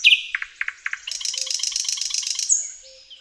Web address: Kurs PTTK Przyroda Tajemnice puszczy Slowik szary